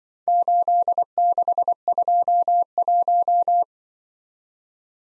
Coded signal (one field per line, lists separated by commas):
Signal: Morse code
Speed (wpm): 25 wpm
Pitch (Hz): 700 Hz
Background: none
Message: 8621